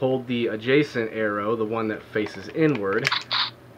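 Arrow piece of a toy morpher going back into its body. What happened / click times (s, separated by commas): Handled, no seating click yet; the part is not yet home / none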